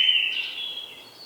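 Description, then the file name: Common blackbird call: a single high, thin drawn-out note that slowly fades. "Turdus merula"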